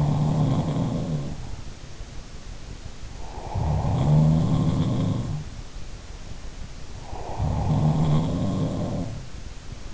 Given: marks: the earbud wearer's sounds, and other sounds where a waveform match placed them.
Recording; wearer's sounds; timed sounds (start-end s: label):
sounds in sleep by an in-ear microphone; breath
0.00-2.00 s: breath
3.04-4.89 s: breath
3.28-5.56 s: sound from someone else or the room
6.85-8.48 s: breath
7.22-9.55 s: sound from someone else or the room